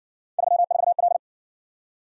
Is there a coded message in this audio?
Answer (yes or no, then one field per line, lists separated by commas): yes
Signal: Morse code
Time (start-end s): 0.4-1.2 s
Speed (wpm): 53 wpm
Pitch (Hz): 700 Hz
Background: none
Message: 34L